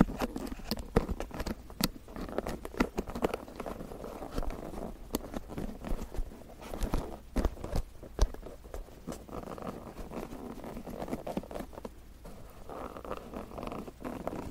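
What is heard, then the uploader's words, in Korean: A wooden comb makes a busy run of dry clicks and taps, irregular and fairly dense across all fourteen seconds, with sharper snaps clustering near the start and around seconds six to eight. A soft, scratchy rustle and a low hum run underneath. 나무 빗 소리.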